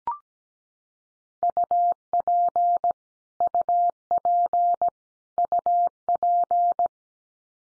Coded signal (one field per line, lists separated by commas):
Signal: Morse code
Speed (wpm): 17 wpm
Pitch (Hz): 700 Hz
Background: none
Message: UP UP UP